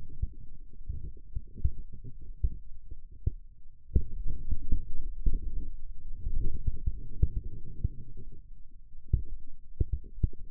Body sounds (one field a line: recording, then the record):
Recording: forearm muscle sounds (acoustic myography)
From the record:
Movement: radial deviation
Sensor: system 2, bracelet of six BSWA MPA416 microphones around the upper forearm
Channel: 6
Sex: male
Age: 22 years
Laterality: right